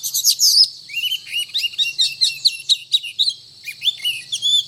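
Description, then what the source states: Oriental magpie-robin singing a continuous rich stream of high whistled notes, slurs and twitters with fast changes in pitch and barely any pauses. Called kacer locally; described as gacor, actively and vigorously singing.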